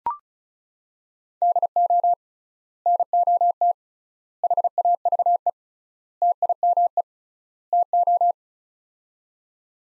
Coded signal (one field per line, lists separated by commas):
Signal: Morse code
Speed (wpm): 34 wpm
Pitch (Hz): 700 Hz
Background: none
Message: DO NOT HAVE TIME TO